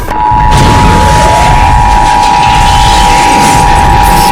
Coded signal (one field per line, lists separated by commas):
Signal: Emergency Alert System (SAME) tones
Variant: 853 and 960 Hz attention tone